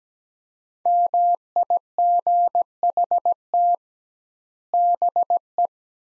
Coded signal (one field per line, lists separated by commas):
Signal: Morse code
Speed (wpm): 17 wpm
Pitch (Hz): 700 Hz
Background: none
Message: MIGHT BE